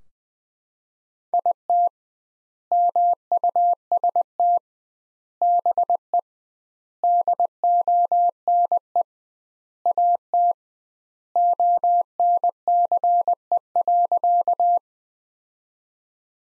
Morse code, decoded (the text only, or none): IT MUST BE DONE AT ONCE.